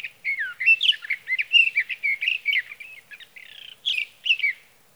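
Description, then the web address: Sage thrasher singing a continuous jumble of fast, warbled and slurred phrases, with one brief buzzy phrase near the end; no other sounds. "birdsongforthecurious Sage Thrasher"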